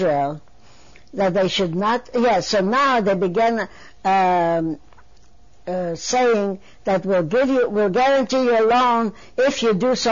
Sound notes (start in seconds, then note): none